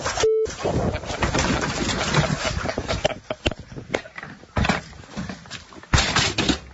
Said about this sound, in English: That's just such great sound. It's the rare toboggan sound, but it's great toboggan sound. You never get sound of a toboggan crashing, but that is perfect.